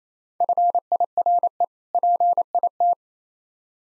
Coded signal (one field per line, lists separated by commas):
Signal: Morse code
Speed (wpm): 27 wpm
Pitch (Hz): 700 Hz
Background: none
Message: FIRE PIT